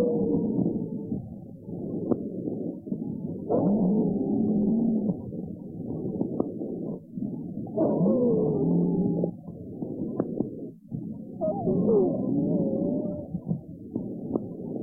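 Loud squeaking, whistling wheezes with rattling in every breath, about 16 a minute, heard through a stethoscope over the lungs of an adult horse: an extreme case of abnormal lung sounds, so distinct and clearly pathological that even an untrained listener can recognize them.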